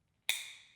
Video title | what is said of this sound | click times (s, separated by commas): Quick Disconnect your Amplifier! Battery Harness Plug Review | push it in until we hear the click | 0.3 s